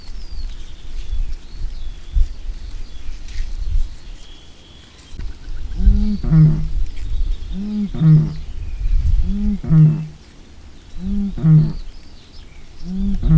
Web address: agykontroll Madardalok Cd 3. Bölömbika